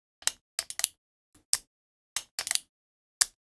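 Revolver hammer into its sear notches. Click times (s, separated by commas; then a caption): 0.3 s, 0.8 s, 1.5 s, 3.2 s. The hammer of a six-shot Heritage Barkeep single-action revolver is drawn back by hand, giving sharp, short metal-on-metal clicks as it moves through its sear notches in a four-click action. Clicks land at about 0.3, 0.8, 1.5 and 3.2 seconds, with a few softer ticks in between. On the last click, the hammer locks at full cock.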